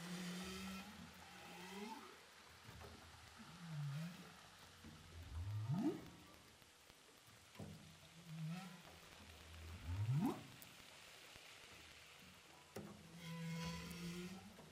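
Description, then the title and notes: Humpback whale song: repeated low wavering moans and fast rising upsweeps, with faint higher squeals against an underwater hiss. Humpback whales recorded with a DPA hydrophone offshore from Saint-Paul, Réunion. "Baleines à bosse enregistrées à l'hydrophone DPA au large de saint Paul de la réunion"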